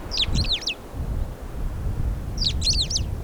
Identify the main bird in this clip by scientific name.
Lamprotornis superbus